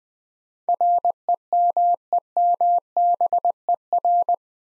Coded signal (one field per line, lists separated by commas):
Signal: Morse code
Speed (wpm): 21 wpm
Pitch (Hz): 700 Hz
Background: none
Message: REMEMBER